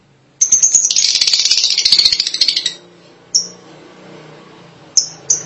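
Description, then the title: Lovebird chattering: a continuous shrill, rapid, harsh chatter for over two seconds, followed by three isolated high chirps. "BM Suara Burung Lovebird"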